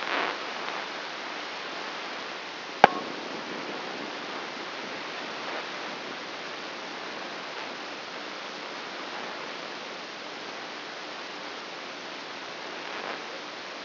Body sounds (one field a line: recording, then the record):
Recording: brain microelectrode recording played as sound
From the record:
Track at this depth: outside the subthalamic nucleus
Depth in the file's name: 6.861 mm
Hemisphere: left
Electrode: 3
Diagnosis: Parkinson's disease